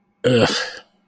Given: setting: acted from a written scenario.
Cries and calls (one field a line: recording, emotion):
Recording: vocal sound without words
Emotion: contempt